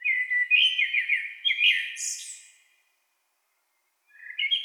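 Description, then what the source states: Blackbird song, a fluting warbled phrase ending in a higher squeaky twitter, then a pause before the next phrase begins. In town.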